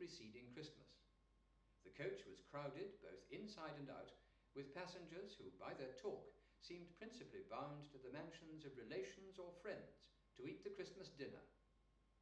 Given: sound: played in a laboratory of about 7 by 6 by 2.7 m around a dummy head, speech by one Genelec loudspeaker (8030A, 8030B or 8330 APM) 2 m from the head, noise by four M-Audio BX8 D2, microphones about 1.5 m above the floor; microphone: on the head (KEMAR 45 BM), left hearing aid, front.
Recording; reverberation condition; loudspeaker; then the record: male speech in English; medium; 60 degrees to the left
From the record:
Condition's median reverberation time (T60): about 510 ms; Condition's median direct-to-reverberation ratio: about -0.5 dB